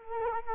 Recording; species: mosquito wingbeat signal from an infrared sensor; Culex quinquefasciatus